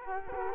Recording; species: mosquito wingbeat signal from an infrared sensor; Culex quinquefasciatus